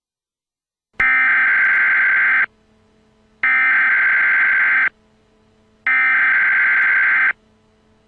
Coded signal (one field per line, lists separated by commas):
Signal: Emergency Alert System (SAME) tones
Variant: header bursts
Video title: EAS Avalanche warning for salt lake city UT.